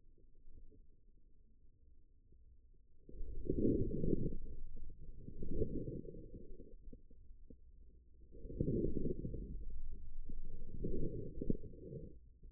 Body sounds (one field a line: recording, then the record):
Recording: forearm muscle sounds (acoustic myography)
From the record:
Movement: inward rotation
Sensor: system 2, bracelet of six BSWA MPA416 microphones around the upper forearm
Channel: 6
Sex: male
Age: 22 years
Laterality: right